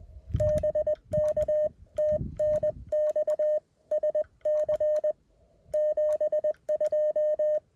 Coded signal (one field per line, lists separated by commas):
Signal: Morse code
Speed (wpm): 20 wpm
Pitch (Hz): 610 Hz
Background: none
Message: BK TNX SC 72